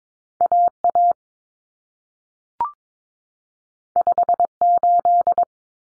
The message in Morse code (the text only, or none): AA 58